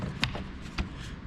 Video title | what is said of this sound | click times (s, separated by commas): DIY - LINCOLN MKZ HYBRID 100,000-MILE SPARK PLUG & AIR FILTER CHANGE. | you'll know if you're on top of it you'll feel it go click it don't just click right in like a detent | 0.2 s